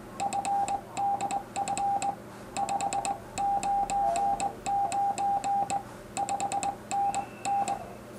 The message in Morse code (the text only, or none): FDF 599 5NN